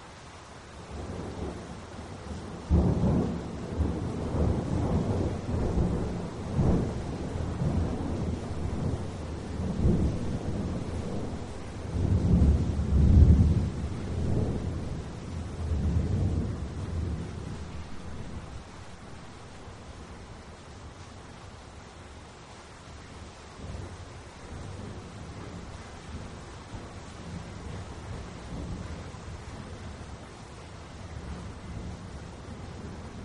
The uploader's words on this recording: Rainfall and Soft Thunder. The gentle patter of rainfall and the soft rumble of distant thunder.